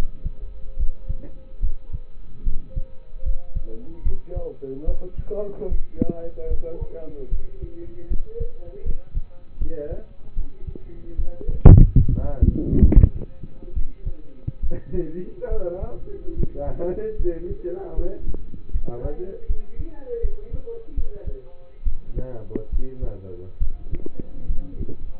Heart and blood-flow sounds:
heart sounds by stethoscope; between the tricuspid and mitral areas; 73 bpm
0.77 s: heartbeat
1.61 s: heartbeat
2.44 s: heartbeat
3.23 s: heartbeat
4.03 s: heartbeat
4.85 s: heartbeat
5.69 s: heartbeat
6.48 s: heartbeat
7.29 s: heartbeat
8.08 s: heartbeat
8.83 s: heartbeat
9.58 s: heartbeat
10.34 s: heartbeat
11.16 s: heartbeat
11.95 s: heartbeat
12.82 s: heartbeat
13.73 s: heartbeat
14.60 s: heartbeat
15.49 s: heartbeat
16.34 s: heartbeat
17.17 s: heartbeat
17.95 s: heartbeat
18.71 s: heartbeat
19.47 s: heartbeat
20.21 s: heartbeat
20.94 s: heartbeat
21.84 s: heartbeat
22.70 s: heartbeat
23.59 s: heartbeat
24.47 s: heartbeat
From the record:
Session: rest, lying down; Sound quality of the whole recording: partially saturated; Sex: male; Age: 27 years

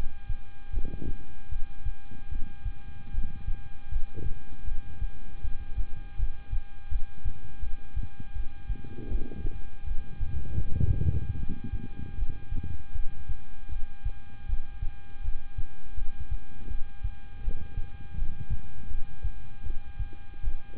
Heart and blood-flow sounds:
heart sounds by stethoscope; between the tricuspid and mitral areas; 79 bpm
0.71 s: heartbeat
1.49 s: heartbeat
2.29 s: heartbeat
3.11 s: heartbeat
3.89 s: heartbeat
4.65 s: heartbeat
5.41 s: heartbeat
6.16 s: heartbeat
6.89 s: heartbeat
7.60 s: heartbeat
8.33 s: heartbeat
9.08 s: heartbeat
9.84 s: heartbeat
10.58 s: heartbeat
11.37 s: heartbeat
12.16 s: heartbeat
12.92 s: heartbeat
13.69 s: heartbeat
14.46 s: heartbeat
15.22 s: heartbeat
15.95 s: heartbeat
16.68 s: heartbeat
17.41 s: heartbeat
18.15 s: heartbeat
18.88 s: heartbeat
19.63 s: heartbeat
20.41 s: heartbeat
From the record:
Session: rest, lying down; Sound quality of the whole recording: good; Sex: male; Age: 26 years

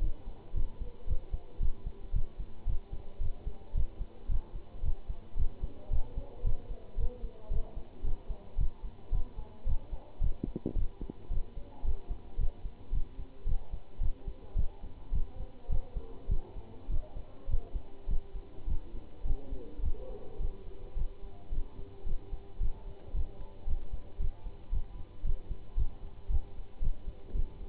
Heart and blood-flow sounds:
heart sounds by stethoscope; between the tricuspid and mitral areas; 110 bpm
0.02 s: heartbeat
0.55 s: heartbeat
1.08 s: heartbeat
1.61 s: heartbeat
2.14 s: heartbeat
2.67 s: heartbeat
3.21 s: heartbeat
3.75 s: heartbeat
4.30 s: heartbeat
4.84 s: heartbeat
5.37 s: heartbeat
5.91 s: heartbeat
6.45 s: heartbeat
6.98 s: heartbeat
7.51 s: heartbeat
8.05 s: heartbeat
8.59 s: heartbeat
9.13 s: heartbeat
9.67 s: heartbeat
10.22 s: heartbeat
10.77 s: heartbeat
11.31 s: heartbeat
11.85 s: heartbeat
12.39 s: heartbeat
12.93 s: heartbeat
13.47 s: heartbeat
14.01 s: heartbeat
14.57 s: heartbeat
15.14 s: heartbeat
15.70 s: heartbeat
16.30 s: heartbeat
16.90 s: heartbeat
17.49 s: heartbeat
18.09 s: heartbeat
18.68 s: heartbeat
19.26 s: heartbeat
19.84 s: heartbeat
20.41 s: heartbeat
20.97 s: heartbeat
21.52 s: heartbeat
22.07 s: heartbeat
22.61 s: heartbeat
23.15 s: heartbeat
23.68 s: heartbeat
24.20 s: heartbeat
24.73 s: heartbeat
25.25 s: heartbeat
25.78 s: heartbeat
26.31 s: heartbeat
26.82 s: heartbeat
27.36 s: heartbeat
From the record:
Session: Bruce protocol treadmill stress test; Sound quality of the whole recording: good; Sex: male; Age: 25 years

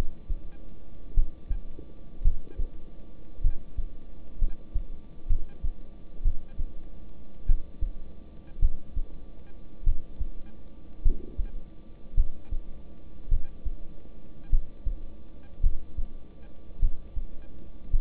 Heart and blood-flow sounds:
heart sounds by stethoscope; between the tricuspid and mitral areas; 54 bpm
1.14 s: heartbeat
2.22 s: heartbeat
3.42 s: heartbeat
4.39 s: heartbeat
5.28 s: heartbeat
6.23 s: heartbeat
7.46 s: heartbeat
8.60 s: heartbeat
9.84 s: heartbeat
11.02 s: heartbeat
12.15 s: heartbeat
13.29 s: heartbeat
14.50 s: heartbeat
15.61 s: heartbeat
16.80 s: heartbeat
17.91 s: heartbeat
From the record:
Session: rest, lying down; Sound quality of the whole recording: good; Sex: male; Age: 26 years

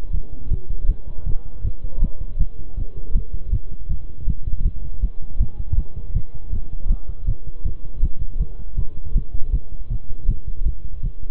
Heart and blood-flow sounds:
heart sounds by stethoscope; between the tricuspid and mitral areas; 160 bpm
0.14 s: heartbeat
0.51 s: heartbeat
0.89 s: heartbeat
1.27 s: heartbeat
1.65 s: heartbeat
2.03 s: heartbeat
2.40 s: heartbeat
2.78 s: heartbeat
3.15 s: heartbeat
3.52 s: heartbeat
3.90 s: heartbeat
4.28 s: heartbeat
4.66 s: heartbeat
5.03 s: heartbeat
5.40 s: heartbeat
5.78 s: heartbeat
6.15 s: heartbeat
6.53 s: heartbeat
6.90 s: heartbeat
7.28 s: heartbeat
7.66 s: heartbeat
8.03 s: heartbeat
8.40 s: heartbeat
8.78 s: heartbeat
9.16 s: heartbeat
9.53 s: heartbeat
9.91 s: heartbeat
10.29 s: heartbeat
10.66 s: heartbeat
11.04 s: heartbeat
From the record:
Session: bicycle stress test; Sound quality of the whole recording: good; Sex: male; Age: 23 years

